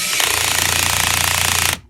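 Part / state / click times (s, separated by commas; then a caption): cordless drill clutch driving a screw / torque reached / 0.6 s. A cordless drill with an adjustable clutch drives a screw until it tightens, making a steady, rapid rattling buzz. The clutch slips with a click at 0.6 s once the set torque is reached, stopping the chuck from turning further. The buzzing continues until it cuts off at about 1.75 s.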